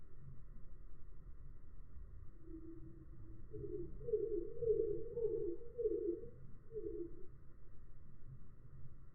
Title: Gimpel channelt seinen inneren Tyrannosaurus Rex (8-fache Zeitlupe)